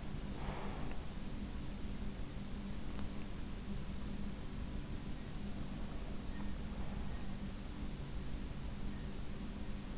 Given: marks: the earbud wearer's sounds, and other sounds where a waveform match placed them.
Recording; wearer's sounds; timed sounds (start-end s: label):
sounds in sleep by an in-ear microphone; breath
0.00-1.37 s: breath